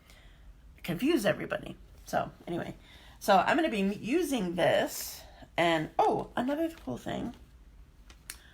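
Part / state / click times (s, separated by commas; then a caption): paper trimmer cutting arm into its base notch / seated / 8.3 s. Someone talks while handling a new plastic paper trimmer, then presses its cutting arm down into the notch in its base. A sharp click at 8.3 s marks the arm locking into place so it sits flush.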